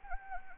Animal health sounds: mosquito wingbeat signal from an infrared sensor; Anopheles arabiensis

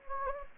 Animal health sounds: mosquito wingbeat signal from an infrared sensor; Anopheles gambiae

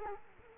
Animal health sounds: mosquito wingbeat signal from an infrared sensor; Culex quinquefasciatus

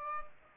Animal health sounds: mosquito wingbeat signal from an infrared sensor; Aedes aegypti

